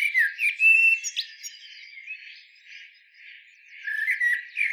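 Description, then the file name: Eurasian blackbird giving a short fluty warble with a high squeak, a brief silence, then the start of another whistled phrase. "Turdus merula"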